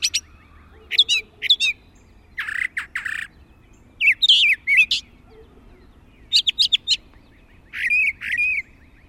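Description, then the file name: Brown thrasher song of several short phrases, each repeated two to four times, coming in quick succession. "suara kicauan brown thrasher"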